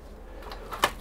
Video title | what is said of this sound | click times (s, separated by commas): Battery Tab Spot Welder - Part 2 - Electronics Testing & Designing a Case | sits in and locks in place around there | 0.8 s